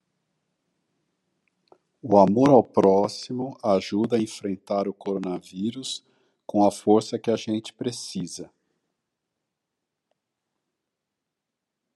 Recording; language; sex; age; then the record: spoken sentence; Brazilian Portuguese; male; 60 to 69 years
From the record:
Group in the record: control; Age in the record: 65 years